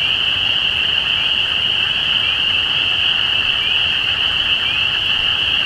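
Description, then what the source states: Spring peeper chorus, a steady wall of high-pitched peeping with overlapping, upslurred notes throughout. Recorded at Easter 2017.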